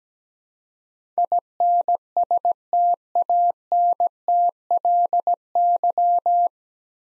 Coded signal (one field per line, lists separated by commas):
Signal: Morse code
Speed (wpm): 17 wpm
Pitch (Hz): 700 Hz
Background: none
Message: INSTANTLY